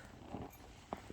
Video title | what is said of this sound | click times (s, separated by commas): Letting go of my Louis Vuitton Pochette Metis | Can you see that? Okay, it is closed. You didn't even hear it click. | 0.9 s